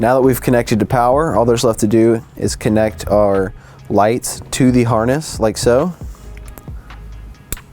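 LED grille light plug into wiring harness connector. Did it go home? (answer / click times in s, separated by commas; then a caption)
yes / 7.5 s. Someone talks while installing a Raptor-style LED grille light kit on a Bronco Sport, then pushes the plastic plug of a grille LED light into the mating connector on the wiring harness. A sharp click at 7.5 s marks the connector seating into place.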